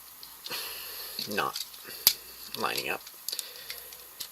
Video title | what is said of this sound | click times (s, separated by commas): Generations Jhaxus Video Review | There. Lines up and snaps into place. | 3.3 s